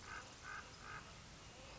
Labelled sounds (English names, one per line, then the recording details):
American Crow
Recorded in Sonoma County, California